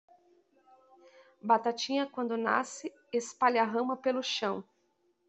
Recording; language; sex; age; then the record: short text; Brazilian Portuguese; female; 30 to 39 years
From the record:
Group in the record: control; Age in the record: 38 years